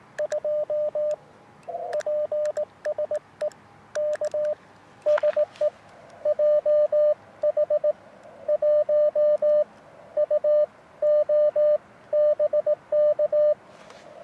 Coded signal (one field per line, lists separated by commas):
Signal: Morse code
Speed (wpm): 19 wpm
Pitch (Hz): 590 Hz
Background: radio noise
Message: 2 PSE K SE JH1UO BK